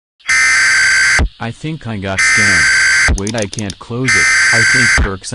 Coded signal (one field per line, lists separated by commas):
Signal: Emergency Alert System (SAME) tones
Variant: header bursts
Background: speech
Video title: Cxryz's EAS Alarm "Business"